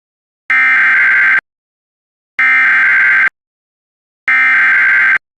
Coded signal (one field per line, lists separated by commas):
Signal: Emergency Alert System (SAME) tones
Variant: header bursts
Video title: EAS #708 Immediate Evacuation